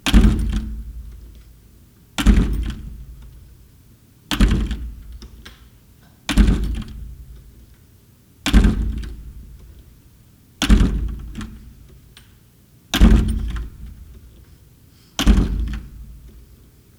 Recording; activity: daily activity, guitar pickup as the sensor; manipulate door